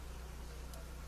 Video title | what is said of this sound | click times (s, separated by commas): M9 Commercial Convert to Mil- Spec Service Pistol DIY Easy Step by Step | slowly push it up there's a little slot in here you got to put this little round piece in it'll click right in | 0.7 s